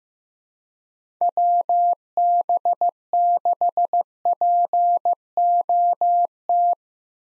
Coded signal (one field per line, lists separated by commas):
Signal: Morse code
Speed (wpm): 15 wpm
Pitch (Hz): 700 Hz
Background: none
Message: WB6POT